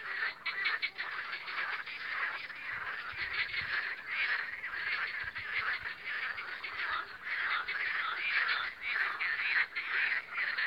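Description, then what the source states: Many frogs croaking together in rapid pulsed bursts that swell and fade. Spring croaking of frogs on the Lomnica canal, 10 May 2020.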